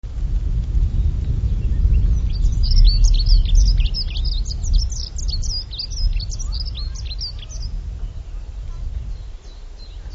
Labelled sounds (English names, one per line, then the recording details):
Dunnock song
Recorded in the wild
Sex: male
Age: adult
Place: Waldsieversdorf, Rotes Luch, Brandenburg, DE
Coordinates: 52.5358, 14.0803
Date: 1993-05-02 14:30
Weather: sunny, 25°C
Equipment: Aiwa HD-S1, Sennheiser MKH 70
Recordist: Frommolt, Karl-Heinz
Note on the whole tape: An der Papille